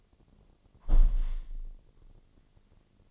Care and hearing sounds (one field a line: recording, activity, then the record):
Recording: daily activity, microphone in the room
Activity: close window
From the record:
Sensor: 4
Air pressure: 1007.2 hPa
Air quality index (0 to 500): 185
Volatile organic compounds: 6 ppm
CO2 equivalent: 1840 ppm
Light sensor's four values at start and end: 23/73/28/27 and 23/73/28/27